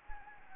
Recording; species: mosquito wingbeat signal from an infrared sensor; Anopheles gambiae